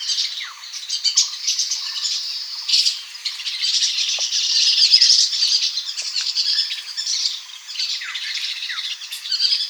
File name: Striated yuhina